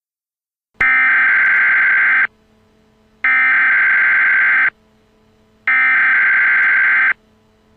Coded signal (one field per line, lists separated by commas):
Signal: Emergency Alert System (SAME) tones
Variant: header bursts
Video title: Child Abduction EAS